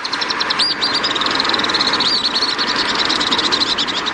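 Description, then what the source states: Alpine Swift calls, shrill rapid twittering trills over a hiss of background noise. Large swifts spending long continuous periods airborne, feeding on the wing; nest in Europe and winter in Africa.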